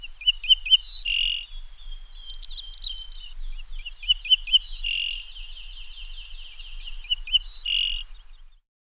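Ortolan bunting song repeated about every three to four seconds, quick high notes dropping to a lower burred note, with more chirps and a dry trill between phrases, low rumble underneath.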